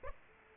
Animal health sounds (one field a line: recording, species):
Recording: mosquito wingbeat signal from an infrared sensor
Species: Aedes aegypti